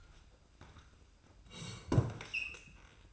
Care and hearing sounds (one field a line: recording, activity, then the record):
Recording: daily activity, microphone in the room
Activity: sit down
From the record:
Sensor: 2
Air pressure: 990.3 hPa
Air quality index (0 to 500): 179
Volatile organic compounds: 1000 ppm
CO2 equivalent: 5663 ppm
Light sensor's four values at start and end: 30/67/29/29 and 33/77/32/32